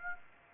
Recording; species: mosquito wingbeat signal from an infrared sensor; Aedes aegypti